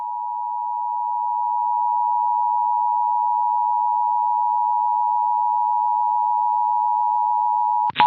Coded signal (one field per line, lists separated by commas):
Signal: Emergency Alert System (SAME) tones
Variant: 853 and 960 Hz attention tone